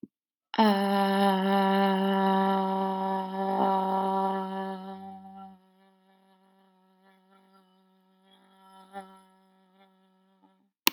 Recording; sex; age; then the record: vowel held as long as possible; female; 20 to 29 years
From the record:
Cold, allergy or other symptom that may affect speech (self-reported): no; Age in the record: 25 years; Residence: Colorado, United States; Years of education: 17